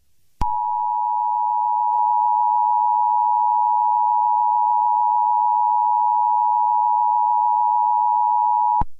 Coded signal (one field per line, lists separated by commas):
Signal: Emergency Alert System (SAME) tones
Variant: 853 and 960 Hz attention tone